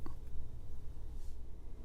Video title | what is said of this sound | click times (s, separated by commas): Rocktol SK05 Budget 29-N-1 EDC Multi-Tool (Leatherman Surge Clone) | Press that and then it releases it. | 0.1 s